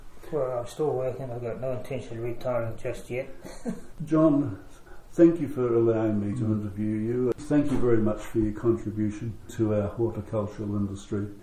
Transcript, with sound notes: Well, I’m still working, and got no intention of retiring just yet. [Chuckle] John, thank you for allowing me to interview you, and thank you very much for your contribution to our horticultural industry.